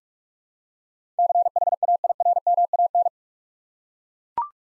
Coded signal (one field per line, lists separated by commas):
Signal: Morse code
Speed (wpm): 42 wpm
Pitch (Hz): 700 Hz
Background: none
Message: CHAIRMAN